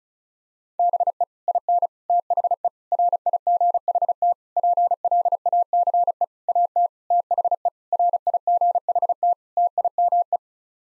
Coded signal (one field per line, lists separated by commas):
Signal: Morse code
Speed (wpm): 36 wpm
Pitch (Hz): 700 Hz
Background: none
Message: BE IN THE RIGHT PLACE AT THE RIGHT TIME